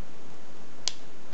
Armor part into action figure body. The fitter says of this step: car it snap everything snaps in place really really nicely